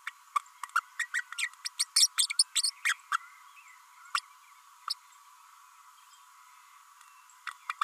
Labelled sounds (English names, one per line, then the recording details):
Green-rumped Parrotlet babbling
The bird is a female
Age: 32 days
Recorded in a nest box in Venezuela
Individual 17B32A5